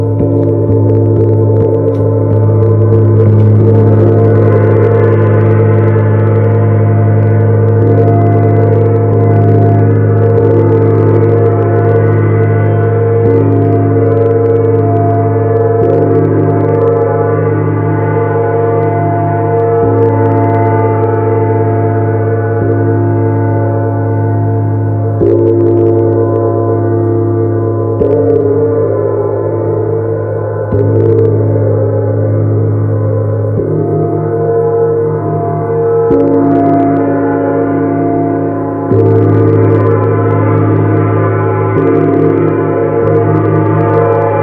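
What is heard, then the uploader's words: A large gong hums with a deep, sustained ring, its layered tones shimmering and slowly beating against each other. Soft strikes renew the sound every few seconds, around 5, 15, 25, 31, 36 and 39 seconds, keeping the wash dense and steady without silence. Neptune Gong.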